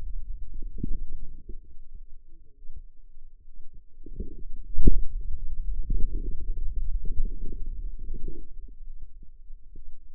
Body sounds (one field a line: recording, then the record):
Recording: forearm muscle sounds (acoustic myography)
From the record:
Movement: hand closing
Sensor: system 2, bracelet of six BSWA MPA416 microphones around the upper forearm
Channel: 5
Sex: female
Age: 25 years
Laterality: right